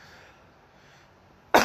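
After a second and a half of near silence, an adult man with a slight cough lets out a single sudden, harsh cough.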